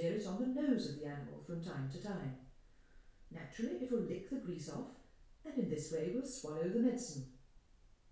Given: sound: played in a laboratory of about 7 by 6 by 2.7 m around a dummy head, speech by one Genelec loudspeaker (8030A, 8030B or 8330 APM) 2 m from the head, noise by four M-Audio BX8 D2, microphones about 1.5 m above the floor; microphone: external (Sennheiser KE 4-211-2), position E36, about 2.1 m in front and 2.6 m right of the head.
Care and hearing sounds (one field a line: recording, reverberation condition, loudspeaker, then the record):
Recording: female speech in English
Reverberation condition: medium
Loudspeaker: 30 degrees to the right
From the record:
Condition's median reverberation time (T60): about 510 ms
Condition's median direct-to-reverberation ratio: about -0.5 dB